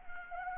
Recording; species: mosquito wingbeat signal from an infrared sensor; Anopheles arabiensis